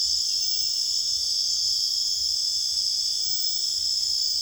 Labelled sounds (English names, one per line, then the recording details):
none
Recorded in secondary vegetation near Puerto Asís, Putumayo, Colombia, on 22 June 2025 at 22:00
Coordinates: 0.485, -76.322
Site GP06